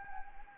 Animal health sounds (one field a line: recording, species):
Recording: mosquito wingbeat signal from an infrared sensor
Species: Anopheles arabiensis